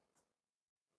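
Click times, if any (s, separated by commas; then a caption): none. The lid of a grease funnel and storage container is being handled as it is pressed toward closing onto the container. A brief broadband rustle is heard near 0.2 s, then quiet low-level handling noise with a short dropout around 0.7 s. Nothing has seated or clicked yet.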